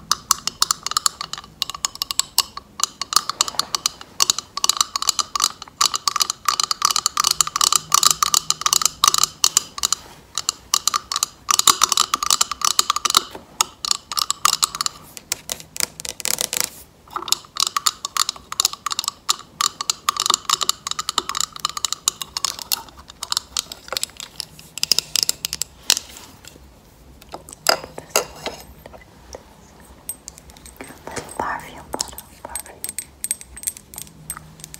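Acrylic nails tap in dense, rapid clicking bursts with brief pauses, turning sparser and more scattered after about 26 seconds.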